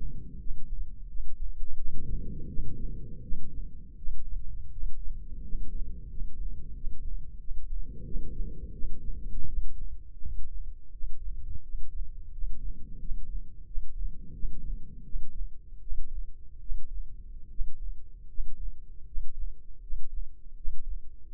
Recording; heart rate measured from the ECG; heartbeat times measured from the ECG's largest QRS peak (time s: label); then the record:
heart sounds by microphone in the left ear; 83 bpm
0.37 s: heartbeat
1.07 s: heartbeat
1.76 s: heartbeat
2.47 s: heartbeat
3.21 s: heartbeat
3.95 s: heartbeat
4.70 s: heartbeat
5.42 s: heartbeat
6.08 s: heartbeat
6.74 s: heartbeat
7.38 s: heartbeat
8.04 s: heartbeat
8.72 s: heartbeat
9.46 s: heartbeat
10.20 s: heartbeat
10.91 s: heartbeat
11.62 s: heartbeat
12.31 s: heartbeat
12.98 s: heartbeat
13.65 s: heartbeat
14.32 s: heartbeat
15.03 s: heartbeat
15.80 s: heartbeat
16.59 s: heartbeat
17.49 s: heartbeat
18.27 s: heartbeat
19.05 s: heartbeat
19.80 s: heartbeat
20.55 s: heartbeat
21.27 s: heartbeat
From the record:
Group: healthy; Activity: rest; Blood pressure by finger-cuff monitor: 114/67 mmHg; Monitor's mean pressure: 82 mmHg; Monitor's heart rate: 87 bpm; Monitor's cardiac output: 8.9 L/min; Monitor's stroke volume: 106 mL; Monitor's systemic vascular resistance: 690 dyn s/cm5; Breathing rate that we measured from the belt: 10 breaths a minute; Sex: male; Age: 24 years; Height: 184 cm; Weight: 89 kg